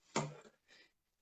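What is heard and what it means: The plastic clips of a solar panel cable connector are squeezed together and the connector is pulled out of the solar input on a Natures Generator portable solar generator. A sharp click of release sounds at 0.2 s, followed by a fading scrape and a softer rustle around 0.7–0.9 s. The connector comes free of the input.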